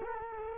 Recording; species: mosquito wingbeat signal from an infrared sensor; Culex quinquefasciatus